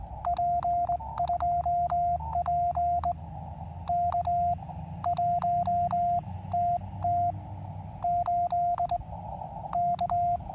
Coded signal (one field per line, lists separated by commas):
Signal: Morse code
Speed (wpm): 20 wpm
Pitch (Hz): 700 Hz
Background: radio noise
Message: P2P K1TT8 K